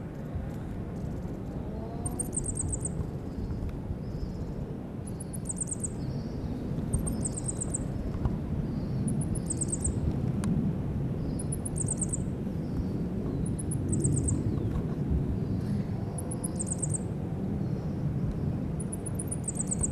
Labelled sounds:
Coal Tit (Periparus ater) call
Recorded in the wild
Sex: pair
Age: adult
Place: Garmisch-Partenkirchen, Bayern, DE
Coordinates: 47.4975, 11.1294
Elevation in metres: 993
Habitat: mountains
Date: 1980-03-29
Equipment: Uher 4000 Report, Sennheiser MKH 815 T
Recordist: Tretzel, Erwin

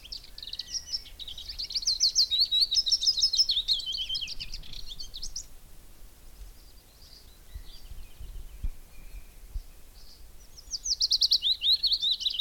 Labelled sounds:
Willow Warbler (Phylloscopus trochilus)
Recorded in the wild
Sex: male
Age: adult
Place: Gosener Wiesen, Berlin, DE
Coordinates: 52.41, 13.72
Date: 1989-04-30 15:15
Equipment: Uher 4400 Report Monitor, Sennheiser ME 80, K 30 AV
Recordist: Fischer, Stefan

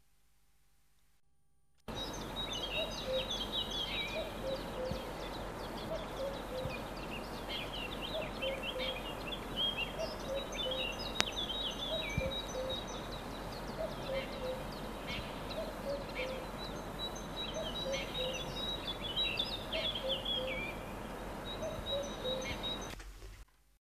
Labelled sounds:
Common Cuckoo (Cuculus canorus) song
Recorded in the wild
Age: adult
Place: Untertweng, Kärnten, AT
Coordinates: 46.791, 13.727
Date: 1972-05-14
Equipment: Uher 4100 Report-V
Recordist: Brunner, Thomas
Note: Müllner Leitn. Gesang

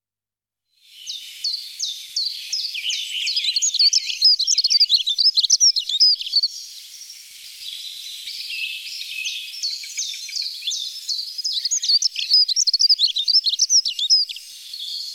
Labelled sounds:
Dunnock (Prunella modularis) song
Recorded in the wild
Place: Lilienhof / Kaiserstuhl, Baden-Württemberg, DE
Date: 1989-03-26
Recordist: Schwarz, Dieter

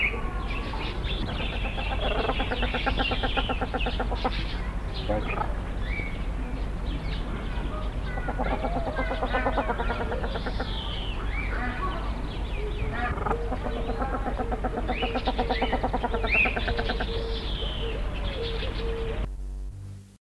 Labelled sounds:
Maned Duck (Chenonetta jubata) call
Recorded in captivity
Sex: pair
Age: adult
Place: Tierpark Ströhen, Niedersachsen, DE
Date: 1981-08-01
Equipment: Halbspur, 9,5 cm/s
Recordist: Lütgens, Hans
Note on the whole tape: 1 Paar

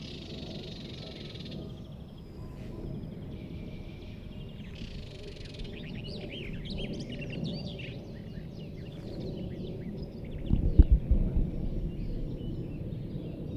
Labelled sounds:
Barred Warbler (Sylvia nisoria) song
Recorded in the wild
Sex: male
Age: adult
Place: Hobrechtsfelder Rieselfelder, Naturpark Barnim, Berlin, DE
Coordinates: 52.6664, 13.4703
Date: 2009-05-21
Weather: fair, ca. 15°C, no wind
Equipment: Sound Devices 702, Sennheiser MKH 70, Rycote Windschutz
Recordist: Frommolt, Karl-Heinz

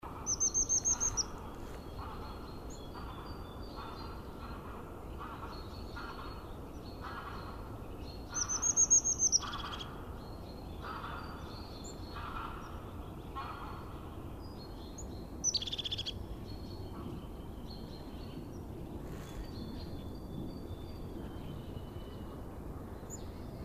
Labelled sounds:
European Crested Tit (Lophophanes cristatus) song, Greylag Goose (Anser anser)
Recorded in the wild
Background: Anser anser
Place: Schönow, Naturpark Barnim, Brandenburg, DE
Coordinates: 52.6815, 13.501
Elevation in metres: 63
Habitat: meadow
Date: 2014-03-02
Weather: sunny, 2-3°C, almost no wind
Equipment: Sound Devices 702, Sennheiser MKH 70, Rycote Windschutz
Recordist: Frommolt, Karl-Heinz
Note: Naturschutzgebiet Schönower Heide, nördlich des Rohrbruchs: Gesang einer Haubenmeise, von Flugzeug überlagert

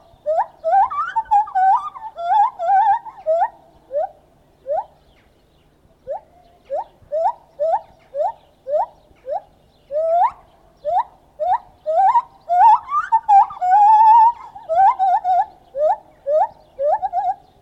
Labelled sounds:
Lar Gibbon (Hylobates lar)
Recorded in captivity
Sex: pair
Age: adult
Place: Tierpark Berlin, Berlin, DE
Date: 1970-03-15 11:18
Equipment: Uher 4200 Report Stereo, Transistorverstärker II, Sennheiser MD 421, Doppelspuraufnahme
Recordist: Tembrock, Günter

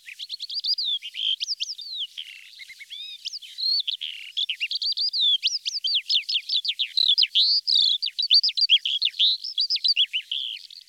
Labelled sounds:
Calandra Lark (Melanocorypha calandra) song
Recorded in the wild
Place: Kalmückensteppe, RU
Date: 2006-05-24
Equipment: MiniDisc Sharp MT 20 H
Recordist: Schwarz, Dieter

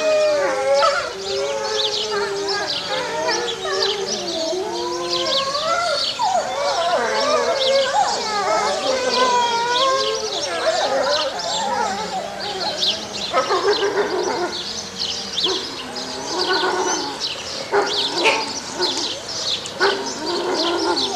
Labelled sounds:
Gray Wolf (Canis lupus)
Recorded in captivity
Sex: diverse
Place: Zoo Berlin, Berlin, DE
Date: 1987-02-06 11:35
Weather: cloudy, windy 3°
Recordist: Tembrock, Günter
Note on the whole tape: wie 29

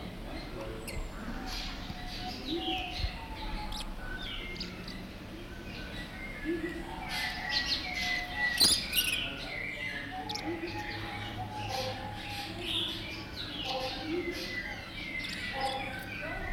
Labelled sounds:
Mexican Parrotlet (Forpus cyanopygius)
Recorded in captivity
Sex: pair
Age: adult
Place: Zoo Berlin, Berlin, DE
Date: 1992-12-05 10:33
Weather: schwach sonnig, ca. 4°C
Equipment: Marantz CP 430, Sennheiser ME 80, Kopie Tesla B 116
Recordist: Tembrock, Günter

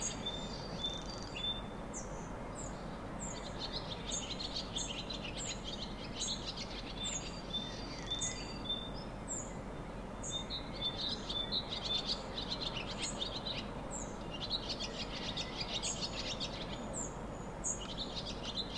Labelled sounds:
Barn Swallow (Hirundo rustica)
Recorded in the wild
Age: adult
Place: Untertweng, AT
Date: 1972-05-12
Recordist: Brunner, Thomas

